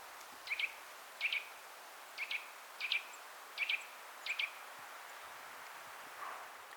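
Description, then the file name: Eurasian nuthatch calling with paired sharp notes, six groups in quick succession, then quiet background hiss. "Sitta europaea"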